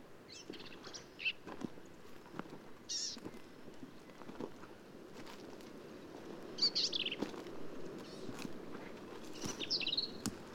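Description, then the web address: Black-capped vireo: several brief, high, varied phrases spread over ten seconds, amid frequent clicks and low rumbling noise. "birdsongforthecurious Black-capped Vireo"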